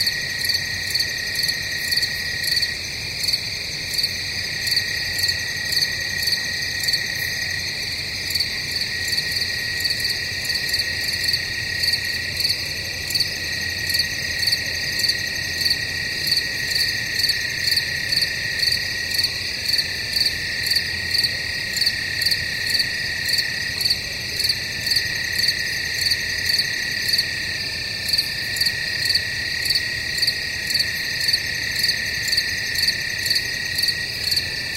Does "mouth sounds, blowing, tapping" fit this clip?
no